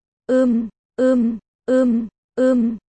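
A woman moans four times during sex in a steady, evenly spaced rhythm, each short voiced moan identical in pitch and loudness, with silence between them and no talking.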